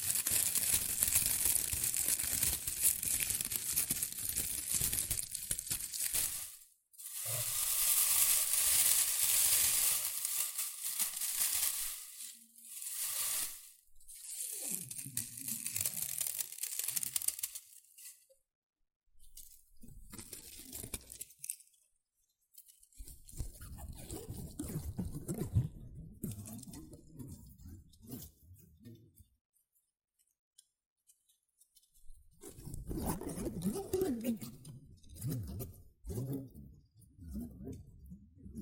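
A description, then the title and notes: Rustling and crinkling come in uneven bursts, bright and hissy for the first half with short silent gaps near 7 and 14 seconds. Later the handling turns softer and lower, broken by longer pauses around 20 and 30 seconds. ASMR Rustling and Crinkle Sounds.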